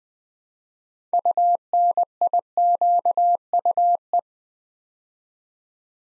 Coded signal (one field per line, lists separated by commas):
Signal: Morse code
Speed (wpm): 20 wpm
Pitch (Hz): 700 Hz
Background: none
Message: UNIQUE